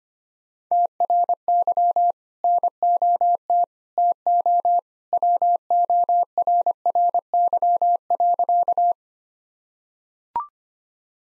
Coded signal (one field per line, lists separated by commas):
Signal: Morse code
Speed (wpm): 25 wpm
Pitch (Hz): 700 Hz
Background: none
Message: TRY NOT TO WORRY.